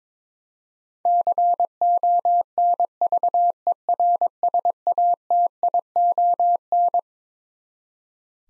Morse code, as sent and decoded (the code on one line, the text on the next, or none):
-.-. --- -. ...- . .-. ... .- - .. --- -.
CONVERSATION